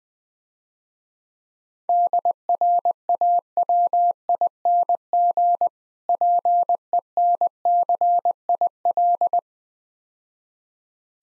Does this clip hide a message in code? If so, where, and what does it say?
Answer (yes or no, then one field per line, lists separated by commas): yes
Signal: Morse code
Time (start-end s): 1.9-9.4 s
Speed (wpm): 20 wpm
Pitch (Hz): 700 Hz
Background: none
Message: DRAWING PENCIL